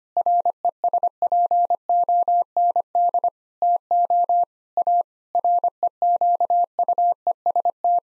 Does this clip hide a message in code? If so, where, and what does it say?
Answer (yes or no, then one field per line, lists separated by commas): yes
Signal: Morse code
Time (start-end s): 0.2-8.0 s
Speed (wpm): 25 wpm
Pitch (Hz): 700 Hz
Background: none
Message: RESPOND TO A REQUEST